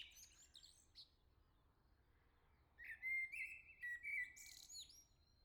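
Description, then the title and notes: Common blackbird song: faint high twitters, a pause, then a loud phrase of warbled fluting whistles closing with a thin, high scratchy flourish. "Le Merle salue l'été, 3 Gd Rue de Chassagne, 17220 La Jarrie, France. Quel Sol!!!! pour saluer l'arrivée de l'été ce matin! Merci Jolie Merle de tes vocalises à proximité!"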